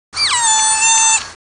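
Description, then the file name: Ring-tailed lemur squeal: one sustained, piercing tonal cry about a second long, starting with a quick downward slide then holding steady, rich in harmonics. "Lemur catta--squeals"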